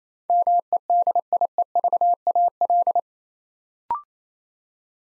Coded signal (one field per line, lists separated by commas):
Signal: Morse code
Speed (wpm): 28 wpm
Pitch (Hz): 700 Hz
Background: none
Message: MEDIEVAL